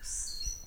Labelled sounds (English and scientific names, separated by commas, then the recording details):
Stitchbird (Notiomystis cincta) song
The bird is a male
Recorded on Tiritiri Matangi Island, New Zealand, in 2005
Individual 11, of nest box 13